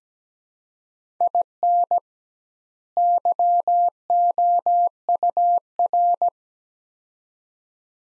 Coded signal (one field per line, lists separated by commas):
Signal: Morse code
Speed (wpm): 17 wpm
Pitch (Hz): 700 Hz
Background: none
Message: IN YOUR